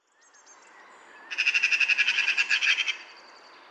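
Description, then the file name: Eurasian magpie giving a single harsh rattling chatter of quick, even notes for about a second and a half, preceded by faint thin high chirps. "Pica pica"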